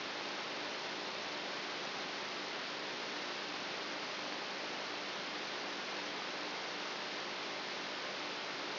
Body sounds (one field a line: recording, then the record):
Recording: brain microelectrode recording played as sound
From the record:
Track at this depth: outside the subthalamic nucleus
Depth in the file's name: 6.64 mm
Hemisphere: right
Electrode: 2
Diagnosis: Parkinson's disease